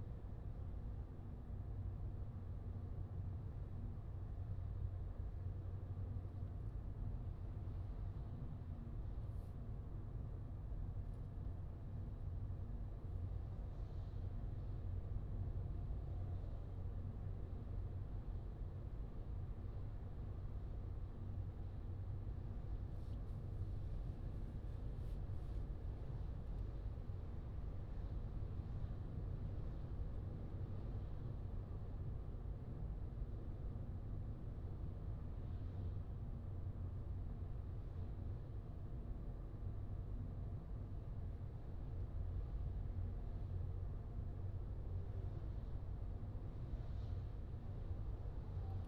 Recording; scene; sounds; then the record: everyday scene through a hearing-aid microphone; in a vehicle; engine, highway driving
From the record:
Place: Skoda Fabia, gasoline engine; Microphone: in the ear canal, left